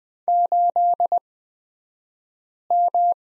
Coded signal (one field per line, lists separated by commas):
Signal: Morse code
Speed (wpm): 20 wpm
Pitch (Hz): 700 Hz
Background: none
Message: 8M